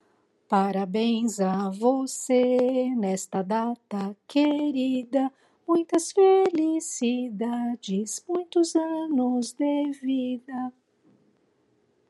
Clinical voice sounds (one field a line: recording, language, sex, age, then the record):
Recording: short text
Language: Brazilian Portuguese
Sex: female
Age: 50 to 59 years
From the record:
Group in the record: control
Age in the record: 57 years